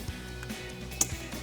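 The plastic electrical connector for the intake air temperature sensor is plugged onto the sensor on a new JLT cold air intake tube on a 2015-2023 Mustang EcoBoost, with background music playing throughout. A sharp, short click at 1.0 s marks the connector seating.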